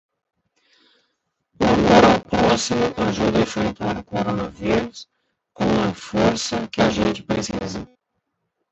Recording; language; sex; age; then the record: spoken sentence; Brazilian Portuguese; male; 50 to 59 years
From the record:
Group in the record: control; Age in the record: 50 years